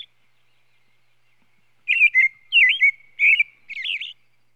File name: Sound Effects Library - American Robin